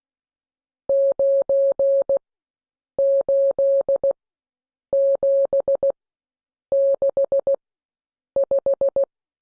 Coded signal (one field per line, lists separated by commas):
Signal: Morse code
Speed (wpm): 16 wpm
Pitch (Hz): 550 Hz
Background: none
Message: 98765